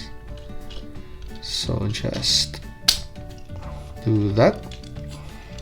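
Someone talks over background music while pushing a plastic part of a Transformers '86 Hot Rod Deluxe Class action figure into the figure's body. A sharp snap at 2.9 s marks the part seating home.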